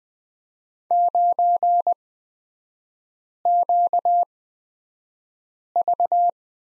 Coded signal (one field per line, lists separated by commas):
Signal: Morse code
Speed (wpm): 20 wpm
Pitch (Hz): 700 Hz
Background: none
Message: 9QV